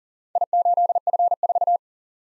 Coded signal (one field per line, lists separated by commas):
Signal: Morse code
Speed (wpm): 44 wpm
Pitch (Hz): 700 Hz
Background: none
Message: I8F4